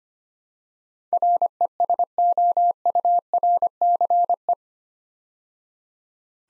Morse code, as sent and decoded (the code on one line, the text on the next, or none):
.-. . ... --- ..- .-. -.-. .
RESOURCE